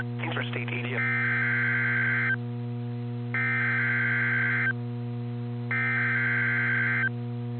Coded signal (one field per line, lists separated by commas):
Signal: Emergency Alert System (SAME) tones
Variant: header bursts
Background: speech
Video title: EAS Mini-Timeline Upper-Midwest Blizzard and Snow Squall Warnings NOAA Weather Radio